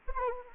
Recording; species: mosquito wingbeat signal from an infrared sensor; Anopheles gambiae